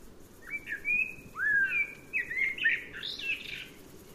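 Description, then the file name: Common blackbird song: mellow fluted whistles, some rising and some falling, then a higher squeaky twitter near the end of the phrase. "Turdus merula"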